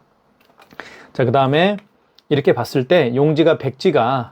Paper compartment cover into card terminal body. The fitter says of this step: 소리가 날 겁니다 딱 소리가 날 거예요 딱 소리가 나죠